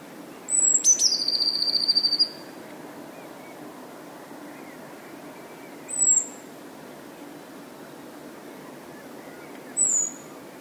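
Eurasian blue tit sings a very high thin note or two, then a fast, slightly lower trill lasting about a second. Brief high notes follow twice more, over faint background hiss.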